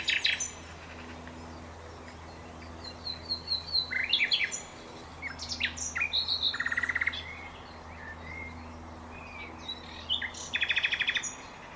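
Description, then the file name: Common nightingale singing several phrases: buzzy rattles, rising whistles and quick repeated note series, separated by short pauses, over a steady low hum. "Luscinia megarhynchos"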